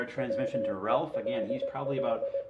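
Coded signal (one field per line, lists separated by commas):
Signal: Morse code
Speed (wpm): 21 wpm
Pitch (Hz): 550 Hz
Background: speech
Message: WELL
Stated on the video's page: Sunday night CW on the 40 m band.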